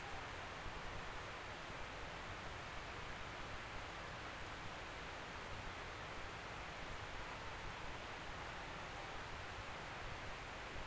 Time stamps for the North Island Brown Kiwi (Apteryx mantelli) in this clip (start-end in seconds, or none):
none